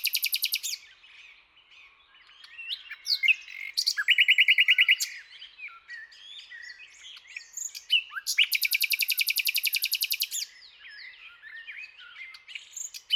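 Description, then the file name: Common nightingale singing a varied phrase: scratchy twitters and a trill, then quiet notes and a long, rapid, buzzy trill of repeated notes. "Luscinia megarhynchos"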